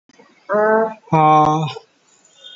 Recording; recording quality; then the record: sustained vowel as in made; moderate, slight background noise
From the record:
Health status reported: COVID-19 positive, mild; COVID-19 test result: positive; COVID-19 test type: RT-PCR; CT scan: not taken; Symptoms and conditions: cough, fatigue, diarrhoea, hypertension, diabetes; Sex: male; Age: 66 years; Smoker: no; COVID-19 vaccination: both doses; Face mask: not worn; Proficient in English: yes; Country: India